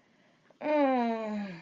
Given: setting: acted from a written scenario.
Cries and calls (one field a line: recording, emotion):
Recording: vocal sound without words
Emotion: ecstasy